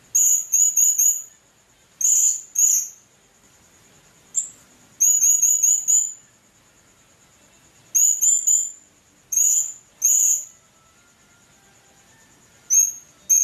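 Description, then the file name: Blue-crowned hanging parrot utters clipped, very high squeaky notes, singly or in short quick groups, repeated throughout above a thin continuous whine. "serindit"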